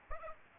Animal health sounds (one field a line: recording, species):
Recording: mosquito wingbeat signal from an infrared sensor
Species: Aedes aegypti